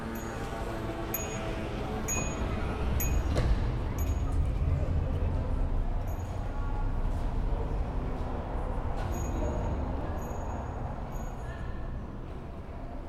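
A street field recording from Linz, thick with a steady low rumble of traffic and indistinct voices. Short, bright chiming tones ring out roughly once a second during the first few seconds and again near the end, over a constant level of noise.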